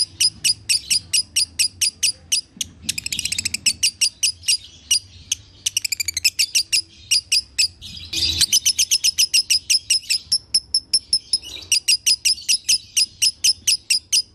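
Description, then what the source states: Lovebird giving an extended chatter of piercing high chirps, runs speeding into buzzy trills and slowing again, continuing steadily throughout. Lovebird in the 'konslet' song style, used as a masteran tutor for training other birds.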